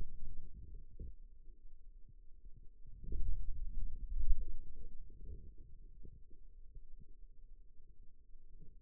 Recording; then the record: forearm muscle sounds (acoustic myography)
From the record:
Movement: wrist flexion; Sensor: system 2, bracelet of six BSWA MPA416 microphones around the upper forearm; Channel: 3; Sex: male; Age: 22 years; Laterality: right